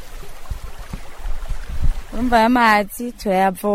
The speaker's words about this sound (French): Le manque d'eau en commune Rugombo de la province Chibitoke, c'est à l'ouest du Burundi, est source de choléra, comme l'explique cette femme de la localité, trouvée sur la rivière Nyakagunda, en train de puiser de l'eau.